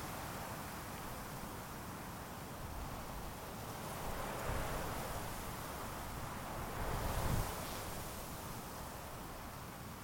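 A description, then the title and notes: Wind rushes steadily through sage, a dense, even hiss spread from low rumble to bright top. Two broader gusts swell the sound, one near four and a half seconds and a stronger one around seven seconds, before it settles back to a constant whoosh. Early Evening At Columbia National Wildlife Refuge. Because of the long summer-time aridness of the refuge, vegetation is sparse. Prairie grasses and sage dominate the landscape outside of the marshy coulees. There are times in which I felt like I was out just to record wind through sage.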